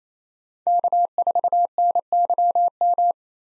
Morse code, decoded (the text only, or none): K4NYM